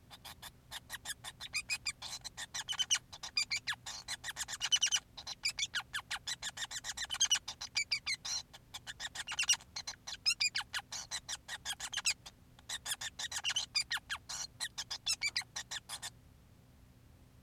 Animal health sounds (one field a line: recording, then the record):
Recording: song of a male Bengalese finch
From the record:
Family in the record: son of father 5